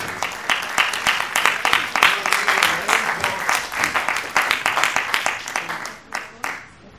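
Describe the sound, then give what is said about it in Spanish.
An audience claps steadily to welcome a guest performer, dense overlapping handclaps forming a continuous patter that holds for several seconds before thinning out and fading near the end. “Un fuerte aplauso para recibir”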